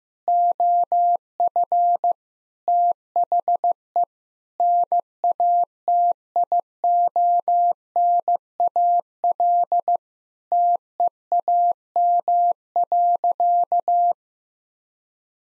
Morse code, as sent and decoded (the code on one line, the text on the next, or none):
--- ..-. / - .... . / -. .- - .. --- -. .- .-.. / - . .- -- .-.-.-
OF THE NATIONAL TEAM.